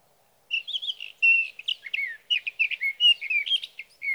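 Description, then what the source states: Sage thrasher delivering a rapid, unbroken medley of warbled and buzzy notes after a short silent start, phrases changing constantly, with a faint low hum beneath. Male singing through the night near his night roost, evening of June 12 to morning of June 15, 2018, Sierra Valley, California; night song, recorded with a Swift recorder.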